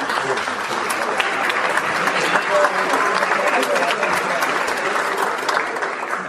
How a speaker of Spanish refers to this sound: ¿Ese aplauso es a favor o en contra de lo que dice?